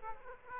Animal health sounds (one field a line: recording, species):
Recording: mosquito wingbeat signal from an infrared sensor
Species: Aedes aegypti